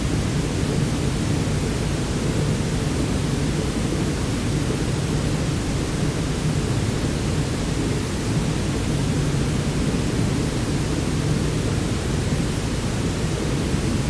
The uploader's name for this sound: White Noise